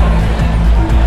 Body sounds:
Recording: background sound without coughing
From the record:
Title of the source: Party Noise 1 Hour Party Ambience

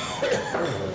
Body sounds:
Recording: coughing mixed with background sound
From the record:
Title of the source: Mid-morning Winter Coughing Fit

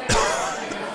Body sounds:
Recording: coughing mixed with background sound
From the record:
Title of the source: Coughing 51

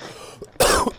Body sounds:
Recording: coughing mixed with background sound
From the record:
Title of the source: Coughing 79

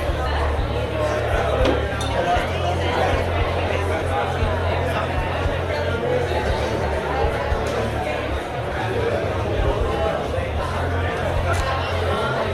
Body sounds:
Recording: background sound without coughing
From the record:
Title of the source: CITY SOUNDS Busy Bar in the Evening Night - 2 HOURS of Ambiance for Relaxation

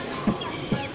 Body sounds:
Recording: coughing mixed with background sound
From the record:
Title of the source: Dry Coughing Fit in the Afternoon.

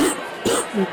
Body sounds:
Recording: coughing mixed with background sound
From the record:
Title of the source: 60 coughing still (deep and wet cough)

